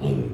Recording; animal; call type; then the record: contact call of a hoofed animal; pig; closed-mouth grunt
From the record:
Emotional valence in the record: negative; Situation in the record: short social isolation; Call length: 0.34 s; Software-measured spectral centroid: 1210 Hz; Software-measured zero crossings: 600 a second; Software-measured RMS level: -24 dBFS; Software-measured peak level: -12 dBFS